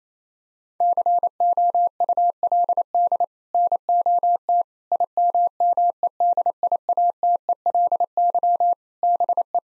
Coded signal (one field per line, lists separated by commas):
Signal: Morse code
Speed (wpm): 28 wpm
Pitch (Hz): 700 Hz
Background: none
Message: COULD NOT IMMEDIATELY BE